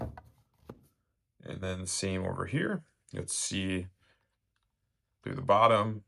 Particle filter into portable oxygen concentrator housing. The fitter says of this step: And you'll hear a little click on that side.